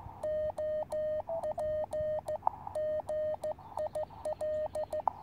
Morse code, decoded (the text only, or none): OP GIL